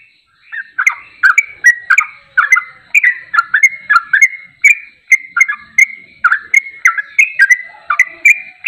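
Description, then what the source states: Yellow-vented bulbul song: a rapid string of bubbly, liquid whistled notes, each dipping and rising, tumbling on with only brief gaps. Champion (juara) bird singing in tembakan style, used as masteran training audio.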